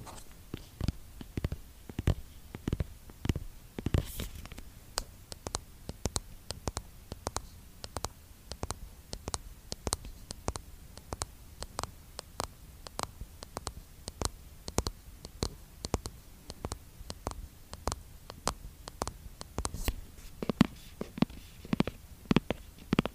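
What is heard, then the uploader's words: Skincare product tapping: sharp, dry taps and clicks fall in quick, uneven bursts across the whole recording, some louder and brighter than others. A soft low hum sits underneath, and the tapping never stops for long, with denser clusters around four and twenty seconds. Skincare product tapping. Blue yeti microphone.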